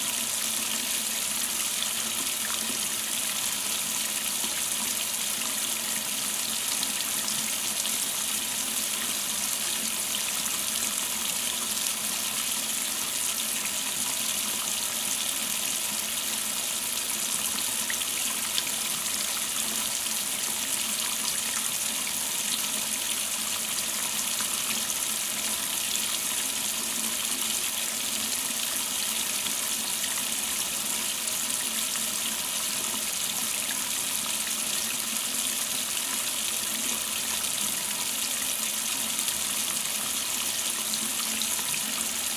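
Water pours steadily onto plastic in a dense, unchanging bright hiss with a faint low hum beneath, even in loudness throughout.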